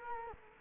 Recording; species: mosquito wingbeat signal from an infrared sensor; Culex quinquefasciatus